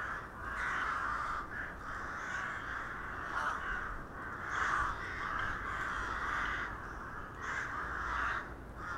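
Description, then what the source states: Crows giving a steady stream of rough, grating caws from several birds at once, the calls merging into a continuous chorus. Several crows recorded in December 2021 in Hernals, Vienna, Austria.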